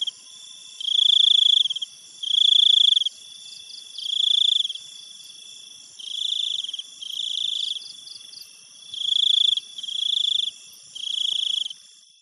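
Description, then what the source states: Insect chorus with bursts of rapid pulsed trilling, each about a second, coming in uneven runs, layered over continuous thin high whines from other insects. Insects in a Thailand jungle at night, recorded close up and distant.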